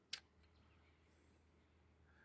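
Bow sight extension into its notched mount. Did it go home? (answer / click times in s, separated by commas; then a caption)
no / none. An archer slides the loosened metal sight extension out one notch along its notched detent mount on the bow, with a single brief sharp tap near 0.1 s followed by quiet handling noise and low hum. Nothing has seated or clicked into place yet.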